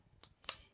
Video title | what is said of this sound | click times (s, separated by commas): Laptop Screen Replacement - HP Pavilion Power 15 (15-cb0xx) | can also check there you go here's the click and then you could just fold the sticker back | 0.5 s